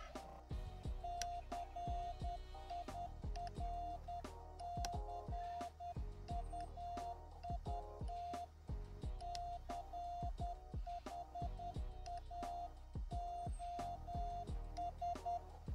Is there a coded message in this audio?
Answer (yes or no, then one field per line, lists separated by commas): yes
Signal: Morse code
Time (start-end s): 1.0-15.4 s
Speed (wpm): 10 wpm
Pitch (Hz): 700 Hz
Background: music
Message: CIRCUIT CHAOS